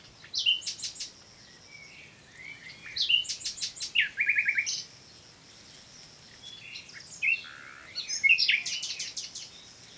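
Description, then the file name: Common nightingale song: varied phrases of sharp whistles, trilled repeated notes and rich chattering, separated by short silences. "Luscinia megarhynchos"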